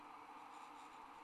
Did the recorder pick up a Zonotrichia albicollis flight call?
no